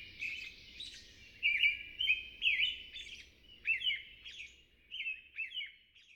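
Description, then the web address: American robin song: a string of clear, whistled caroling phrases in short bursts with brief pauses, over a faint low rumble. "Songs of Birds of North America Know Your Bird Sounds. American Robin"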